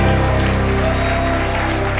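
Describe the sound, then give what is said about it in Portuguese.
An audience at a church conference claps in praise of God in a dense, steady wash of applause lasting the whole moment, with sustained musical tones and a low pulsing beat underneath. “Aplauda, aplauda ele!”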